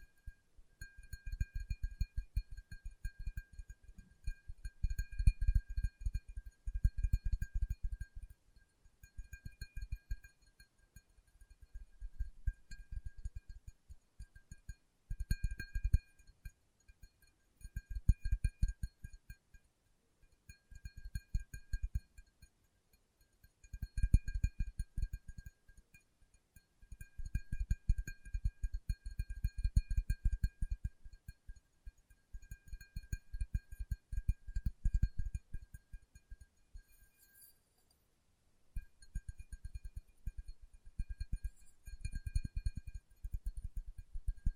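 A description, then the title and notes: Fingertip tapping comes in quick, dense bursts of soft low thuds with brief pauses between runs, and a faint thin ringing persists throughout. ASMR Tapping with Fingertips (No Talking).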